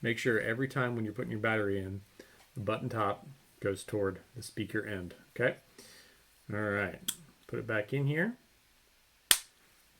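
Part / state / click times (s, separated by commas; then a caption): removable battery carrier into lightsaber hilt / seated / 9.3 s. Someone talks about inserting an 18650 battery button-top toward the speaker end, then pushes the removable battery carrier back into the lightsaber hilt. A sharp, loud click at 9.3 s marks the carrier seating home.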